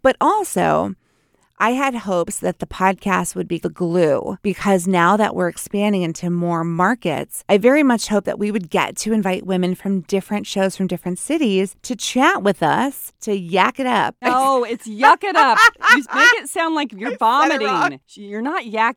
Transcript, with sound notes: But also, I had hopes that the podcast would be the glue, because now that we're expanding into more markets, I very much hope that we would get to invite women from different shows, from different cities to chat with us... to yak it up.
No! it's yuck it up! (laughing) You make it sound like you're vomiting. You're not yakking.